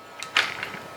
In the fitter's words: goes 90° and it's locked into place. It's not going to go anywhere.